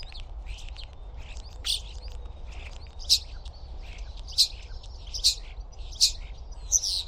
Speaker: Więc posłuchajcie szpaka na wiosnę, jak śpiewa.